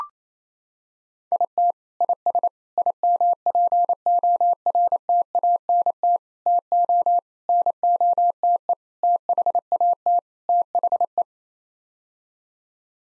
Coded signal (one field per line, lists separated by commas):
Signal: Morse code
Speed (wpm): 28 wpm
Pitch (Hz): 700 Hz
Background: none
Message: IT IS IMPORTANT TO NOTE THAT THE